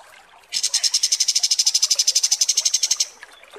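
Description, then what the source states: Kapas tembak: small bird song: a rapid high trill of evenly spaced notes lasting about two and a half seconds, then stopping, with quiet background. Masteran (song tutor) for training songbirds, kapas tembak song.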